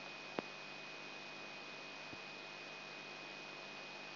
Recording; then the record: brain microelectrode recording played as sound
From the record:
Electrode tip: outside the subthalamic nucleus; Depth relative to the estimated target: -8 mm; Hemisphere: left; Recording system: AlphaMap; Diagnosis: Parkinson's disease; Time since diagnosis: 9 years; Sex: male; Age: 58 years